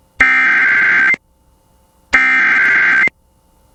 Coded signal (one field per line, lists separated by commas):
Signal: Emergency Alert System (SAME) tones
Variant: header bursts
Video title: (EAS #26) Central California FLASH FLOOD WARNING on KALT-FM